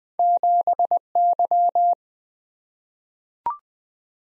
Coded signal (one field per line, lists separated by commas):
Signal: Morse code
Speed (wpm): 20 wpm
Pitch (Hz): 700 Hz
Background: none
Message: 7Y